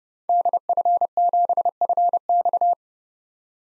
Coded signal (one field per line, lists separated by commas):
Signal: Morse code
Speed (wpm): 30 wpm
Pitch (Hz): 700 Hz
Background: none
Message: DF7FX